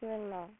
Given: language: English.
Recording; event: throat vibration sensor signal played as sound; speech